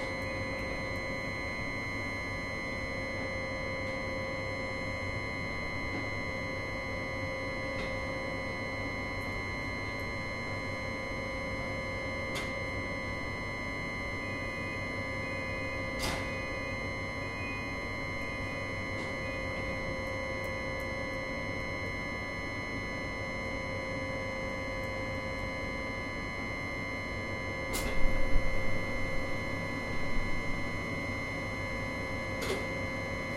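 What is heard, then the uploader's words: A steady mechanical hum with several fixed whining tones runs through the whole stretch, like an idling tram at its terminal. Sharp clicks snap through at intervals, around 8, 12, 16, 28 and 32 seconds, with a brief louder rattle near 28 seconds. Capolinea Sud. The tram’s south terminal is situated in the southern tip of Padua, after the Guizza district and just before the village of Albignasego. The traffic is smooth and there are few cars nearby.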